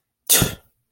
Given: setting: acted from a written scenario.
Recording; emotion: vocal sound without words; anger